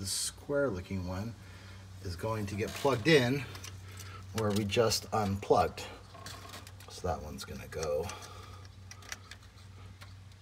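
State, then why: Seated. Someone talks while a square wiring harness connector is plugged into the socket that was just unplugged during an Openpilot EON install in a Classic Tesla Model S. It is pushed all the way in, and after a few small ticks it latches with a click at 9.1 s, seated.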